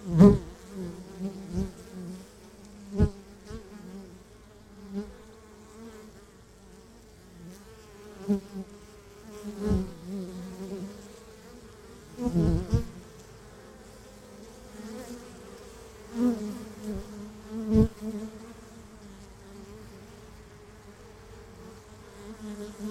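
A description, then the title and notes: A beehive hums steadily from start to finish, a low, dense buzz of many bees with a wavering pitch that swells and eases. Sharp knocks and clicks break in now and then, loudest near the start and around 10, 12 and 17 seconds. No binaural recording... Beehive.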